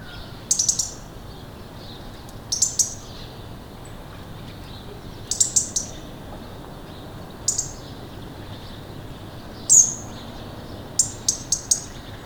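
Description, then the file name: European robin calls: short, very high, thin notes, single or in small clusters, repeated every couple of seconds over steady low background noise. "Erithacus rubecula"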